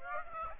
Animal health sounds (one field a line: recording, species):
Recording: mosquito wingbeat signal from an infrared sensor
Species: Aedes aegypti